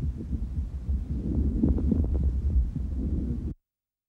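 Fine crackles heard over an adult's lungs through a stethoscope.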